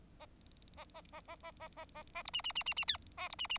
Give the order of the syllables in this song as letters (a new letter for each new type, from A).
A A A A A A A A A B C C C C C D A B C C